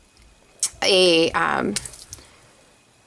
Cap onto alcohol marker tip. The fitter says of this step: want to make sure your tip is lined up perfectly to go right in the center and that you hear those click so